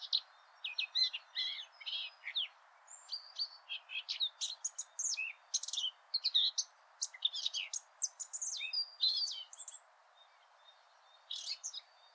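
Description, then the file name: Eurasian blackcap singing a long, hurried warble of mixed scratchy chatter and bright whistles, pausing briefly near the end before a final short burst. "Sylvia atricapilla"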